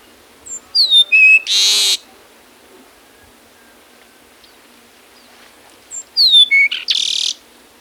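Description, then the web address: Peruvian meadowlark song: two phrases about five seconds apart, each a few high whistled notes ending in a loud harsh buzz. Ecuador. "S America Birds of Ecuador. Peruvian Meadowlark"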